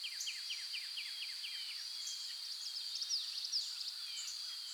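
A bird repeats a quick series of downslurred notes, then other chirps follow over a steady high hum.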